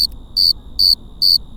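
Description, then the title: Cricket chirps: several evenly spaced, shrill pulses over a thin steady high tone. Some crickets recorded close up at 9:19 p.m., 18 April 2019, on Cerro Gordo, León, Guanajuato, Mexico; Tascam DR-05X recorder with built-in stereo microphones and windshield. "Lomas del Madrono, Lomas del Campestre, Gto., Mexico - Grillos cercanos en el cerro gordo."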